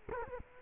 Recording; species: mosquito wingbeat signal from an infrared sensor; Culex quinquefasciatus